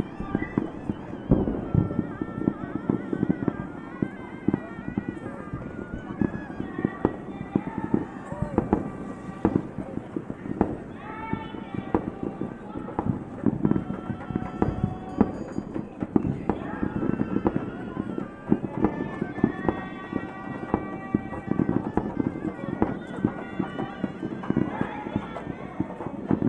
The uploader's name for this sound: Hotel Room Overlooking Town Festival w/ Singing & Fireworks